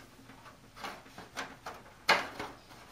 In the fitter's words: So you just push it in and it actually locks into place.